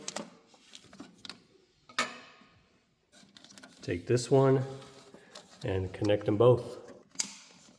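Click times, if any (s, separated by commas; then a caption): 7.2 s. A work light harness plug is pushed into the wiring connector of a Ventrac 4520N machine after the dummy cap is removed. There are light plastic handling taps and a sharp knock near 2.0 s while someone talks. The connector clicks in and seats at 7.2 s.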